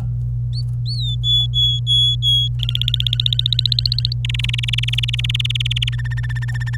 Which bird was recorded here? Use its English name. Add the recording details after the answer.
Domestic Canary. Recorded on 26 April 2018 at 09:29. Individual llb3